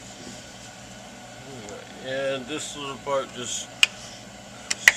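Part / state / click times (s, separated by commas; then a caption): plastic cover cap over a seat belt anchor bolt / seated / 4.7 s, 4.9 s. Someone talks over a low steady hum while a small plastic trim cover cap is pressed over a seat belt anchor bolt during seat belt installation in a car. Two sharp clicks sound at 4.7 s and 4.9 s, the second one louder, as the cover snaps into place and is seated over the bolt.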